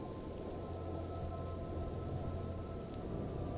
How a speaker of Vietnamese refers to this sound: Trời đổ mưa, mưa ngày một to hơn.